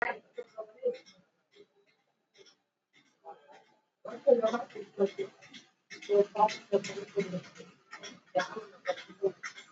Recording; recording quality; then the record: deep breathing; poor, much background noise or distortion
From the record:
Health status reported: exposed to COVID-19, no respiratory illness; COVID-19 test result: not tested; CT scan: not taken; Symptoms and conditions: none ticked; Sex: male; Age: 37 years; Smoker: no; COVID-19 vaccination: both doses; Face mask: worn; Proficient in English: yes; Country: India